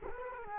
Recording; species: mosquito wingbeat signal from an infrared sensor; Culex quinquefasciatus